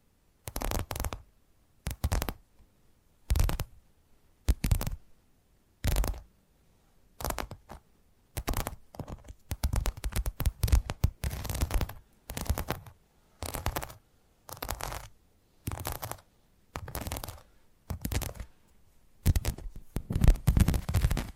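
Tapping triggers come in short, crisp bursts that reach from a soft thud up to a bright click. Each burst lasts under a second with silence between, at first about one a second, then packing closer together and growing busier and louder toward the end.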